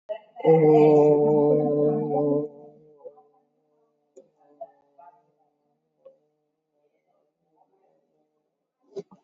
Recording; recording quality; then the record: sustained vowel as in boot; excellent, no background noise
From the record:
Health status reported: COVID-19 positive, moderate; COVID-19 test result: positive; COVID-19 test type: RT-PCR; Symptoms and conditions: cough, cold, sore throat, fatigue, loss of smell and taste, diabetes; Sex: female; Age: 58 years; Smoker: no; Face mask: worn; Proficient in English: yes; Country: India